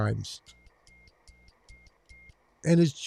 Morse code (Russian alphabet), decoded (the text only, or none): none